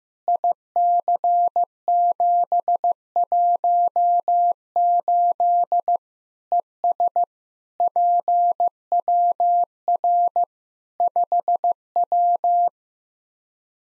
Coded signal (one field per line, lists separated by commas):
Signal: Morse code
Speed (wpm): 16 wpm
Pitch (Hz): 700 Hz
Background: none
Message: IC718 ES PWR 5W